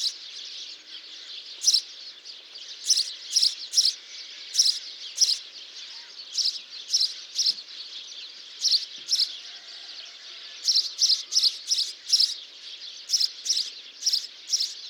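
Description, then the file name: House sparrow chirping: short, sharp chirps in loose clusters with pauses, over a steady high background hiss. "Passer domesticus"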